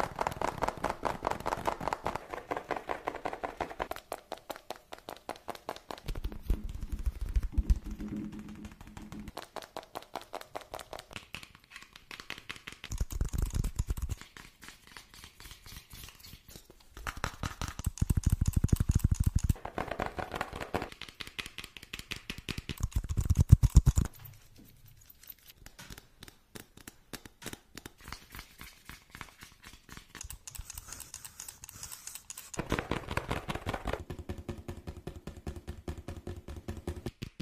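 Fast tapping runs through the whole clip as a dense, rapid stream of light clicks, steady in pace and close to typing. Low, heavier thumping swells in around 6–8, 13, 17–20 and 23 seconds, then the tapping thins out and turns brighter near the end.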